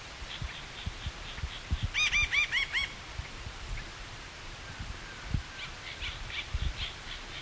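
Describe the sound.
Bird calls: a series of about five clear, arched, ringing notes around the two-second mark, with fainter high chips before and after and low background rumble.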